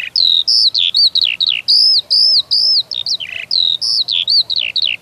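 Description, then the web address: Eurasian skylark giving a lively, high warbled song of slurred whistles and chirps in quick succession, with brief gaps between phrases. "Przyroda Ptaki Skowronek"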